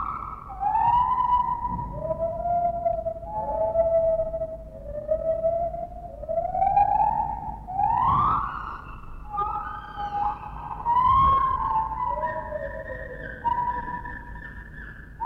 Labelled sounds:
Lar Gibbon (Hylobates lar)
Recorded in captivity
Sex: pair
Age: adult
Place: Zoo Berlin, Berlin, DE
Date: 1960-10-22 12:15
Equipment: Minifon, Kopie Smaragd
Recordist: Tembrock, Günter

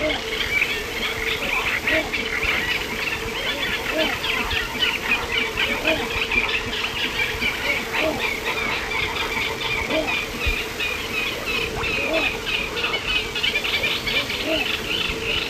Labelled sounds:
Little Bittern (Ixobrychus minutus) song
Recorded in the wild
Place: Illmitz, AT
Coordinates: 47.7544, 16.7631
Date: 1964-05-17
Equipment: Uher Report 4000, AKG D190
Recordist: Krey, Winfried

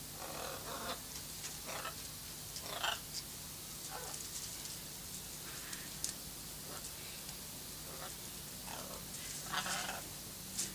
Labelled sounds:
Blue-and-yellow Macaw (Ara ararauna) call
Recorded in captivity
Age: adult
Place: Zoo Berlin, Berlin, DE
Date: 2003-09-16 17:22
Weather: heiter, 25°C
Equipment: Fair Mate ST-1328 (Asahi Electronics, Japan), Sennheiser ME 80, Kopie Uher 4000 Report Monitor
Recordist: Tembrock, Günter

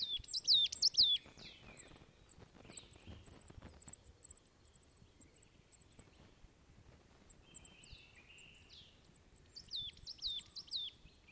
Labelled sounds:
Marsh Tit (Poecile palustris) song
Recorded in the wild
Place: Kaiserslautern, Rheinland-Pfalz, DE
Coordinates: 49.4266, 7.7795
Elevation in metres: 295
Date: 1977-03-12
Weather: cloudy, cool
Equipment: Nagra IV, Sennheiser MKH 405, Parabolreflektor
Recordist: Tretzel, Erwin

